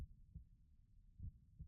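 Soft, deep paired thumps, a lub and a dub each cycle, at a slow steady pace of roughly 50 beats a minute. A calm, regular, relaxed adult heartbeat heard with an ear against the chest, with no extra sounds between the beats.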